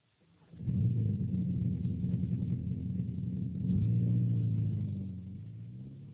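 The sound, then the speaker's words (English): A car engine idles with a low, steady rumble, then revs slightly louder around the middle before settling back into a continuous drone. No voices are present. “A car.”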